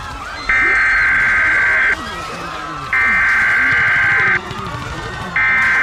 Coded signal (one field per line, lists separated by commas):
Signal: Emergency Alert System (SAME) tones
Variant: header bursts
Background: speech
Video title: EAS Scenario: Nightmare On The New ZomYork